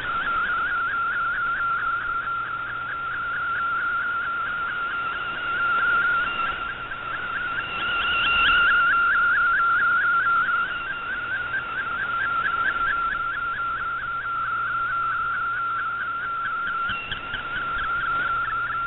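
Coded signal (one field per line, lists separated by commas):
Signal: SSTV (slow-scan television)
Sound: steady mid-pitch whistle with rapid regular chirps, like a dark SSTV image line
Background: radio static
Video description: here is my decode of the Shortwave Radiogram broadcast today on 7780Khz shortwave radio at 2030UTC in MFSK32, and 64 with 8 SSTV images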